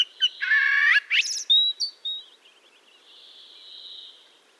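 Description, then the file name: Common blackbird singing loud, rich harmonic whistles followed by thinner squeaky notes, fading into a soft background hiss. "Turdus merula"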